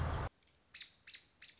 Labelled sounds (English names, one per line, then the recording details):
American Robin
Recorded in Sonoma County, California